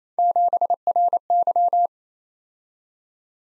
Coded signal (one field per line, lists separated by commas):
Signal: Morse code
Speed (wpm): 32 wpm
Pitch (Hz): 700 Hz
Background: none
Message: 7RY